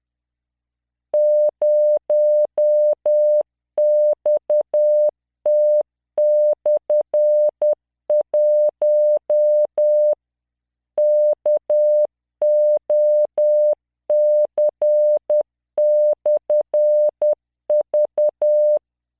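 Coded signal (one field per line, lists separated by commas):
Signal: Morse code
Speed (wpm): 10 wpm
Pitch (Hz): 600 Hz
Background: none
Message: 0XT/1 KOC/V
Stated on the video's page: Practice generated by LearningMorse software at 10 WPM, 600 Hz tone, standard three-dot spacing, random five-character groups.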